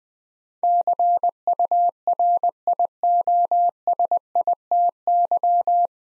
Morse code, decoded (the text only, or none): CURIOSITY